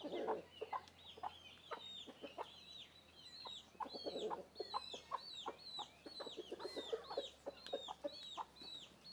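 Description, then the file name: Chickens: dense high chick peeping with frequent hen clucks and a few softer low grunting notes. Hens and chicks walking around the microphone. "Galinhas e pintinhos andando em volta do microfone"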